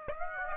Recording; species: mosquito wingbeat signal from an infrared sensor; Aedes aegypti